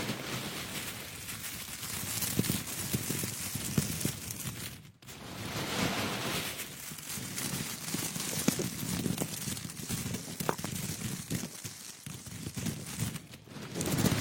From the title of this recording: The crunchy brush of jasmine tea